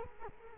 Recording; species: mosquito wingbeat signal from an infrared sensor; Culex quinquefasciatus